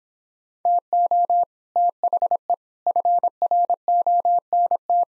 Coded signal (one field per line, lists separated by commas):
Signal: Morse code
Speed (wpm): 26 wpm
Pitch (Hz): 700 Hz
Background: none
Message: TO THE FRONT